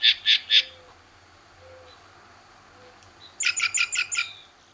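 Green Jay giving three quick harsh notes, a pause, then a fast rattling burst of several buzzy notes.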